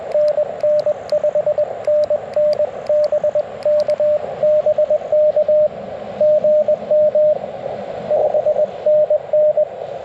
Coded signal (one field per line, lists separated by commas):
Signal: Morse code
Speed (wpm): 21 wpm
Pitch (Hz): 600 Hz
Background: radio noise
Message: NN 5NN BK BK GM 5NN